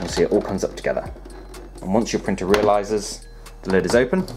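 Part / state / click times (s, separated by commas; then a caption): printer scanner/access lid on its hinge support / not seated / none. Hands lift the scanner and lid unit of an HP Envy 5530 inkjet printer up together, by the recesses just below the scanner bed on the left and right, while someone talks over quiet background music. A few small plastic handling hits are heard as the lid rises toward its open position on its hinge support. Nothing has clicked into place yet.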